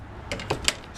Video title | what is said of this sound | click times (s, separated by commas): Walk Through 2017 Airstream Tommy Bahama 27FB Travel Trailer Relax Edition RV Camper | attaches from the main entry door swings around snaps | 0.7 s